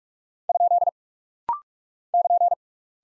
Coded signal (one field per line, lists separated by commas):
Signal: Morse code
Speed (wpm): 44 wpm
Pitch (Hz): 700 Hz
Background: none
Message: ? <KN>